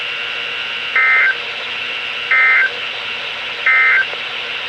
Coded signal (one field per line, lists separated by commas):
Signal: Emergency Alert System (SAME) tones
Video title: EAS #1381-#1386: Winter Hazard Time! | KHB36 & WNG736